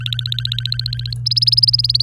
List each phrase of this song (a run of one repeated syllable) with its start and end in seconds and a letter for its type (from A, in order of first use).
0.01-1.13 A, 1.26-2.03 B